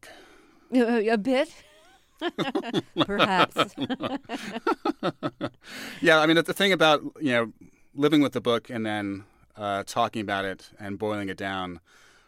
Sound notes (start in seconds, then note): 1.6 laughter; 3.8 laughter